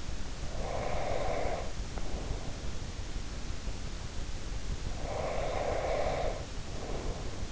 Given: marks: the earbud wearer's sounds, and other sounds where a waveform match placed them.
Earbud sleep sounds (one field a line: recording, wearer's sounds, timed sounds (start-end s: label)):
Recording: sounds in sleep by an in-ear microphone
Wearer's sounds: breath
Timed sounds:
0.47-2.59 s: breath
4.99-7.52 s: breath